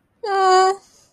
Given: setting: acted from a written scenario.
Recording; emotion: vocal sound without words; neutral